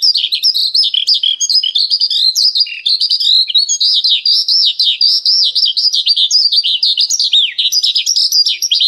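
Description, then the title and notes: Bird song, an unbroken rapid warble of high looping notes, dense and energetic throughout. Birdsong for training pet birds. "Suara Burung. Suara Kicauan Burung untuk memaster burung kesayangan"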